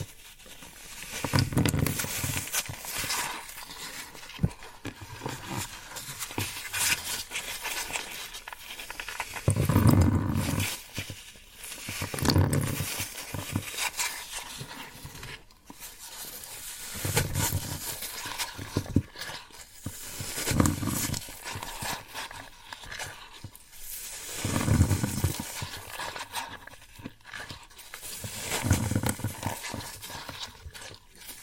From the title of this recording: Satisfying Tingle Stimulating Floral Foam Sounds